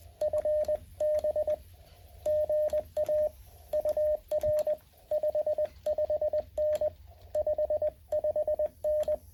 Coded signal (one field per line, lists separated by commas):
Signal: Morse code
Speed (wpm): 20 wpm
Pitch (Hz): 610 Hz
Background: none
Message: FB GA UR 55N 55N